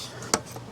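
On a 2001–2006 Acura MDX, the small plastic tab on the low beam headlight bulb's electrical connector is squeezed and the connector is pushed down. A single sharp click at 0.3 s marks the connector releasing from the bulb, against a quiet background.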